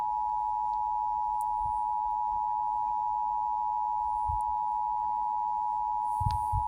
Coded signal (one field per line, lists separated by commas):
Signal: Emergency Alert System (SAME) tones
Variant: 853 and 960 Hz attention tone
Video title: (FOUND) Levi's Call Activation (EAS #23)